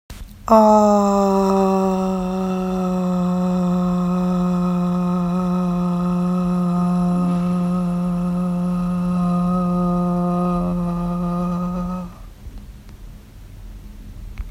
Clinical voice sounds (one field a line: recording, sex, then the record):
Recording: sustained vowel /a/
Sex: female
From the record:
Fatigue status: no fatigue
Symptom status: asymptomatic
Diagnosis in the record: COVID-19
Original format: m4a